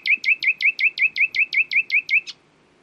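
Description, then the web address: Common nightingale song: a fast loud run of about twelve identical chirping notes, then a single sharp closing note. "owen Common Nightingale (Luscinia megarhynchos)"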